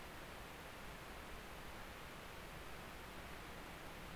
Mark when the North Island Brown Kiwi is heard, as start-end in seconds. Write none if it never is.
none